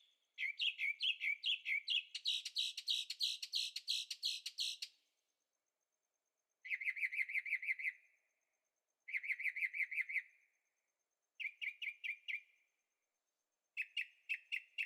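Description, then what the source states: Bird song in bursts of rapid, repeated chirping notes, a long dense trill early on, then short chattering phrases every two to three seconds. Birds singing at night in Carefree, Arizona; recorded with a Zoom H6 and stereo microphones.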